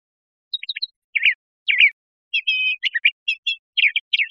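Crissal thrasher song: quick sequence of varied phrases, some whistled and tonal, others harsh and chattering, delivered in short groups with gaps.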